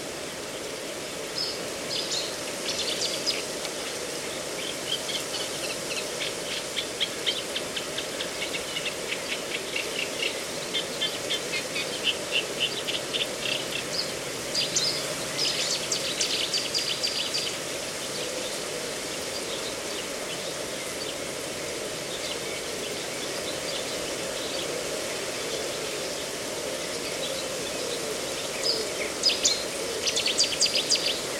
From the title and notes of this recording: A mosaic of sounds recorded in a reedbed at Slapton Ley National Nature Reserve, Devon, UK. The sounds were recorded at dawn on three days in May 2023.